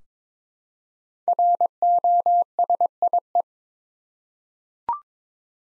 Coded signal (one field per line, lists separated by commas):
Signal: Morse code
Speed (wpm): 22 wpm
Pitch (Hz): 700 Hz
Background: none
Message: ROSIE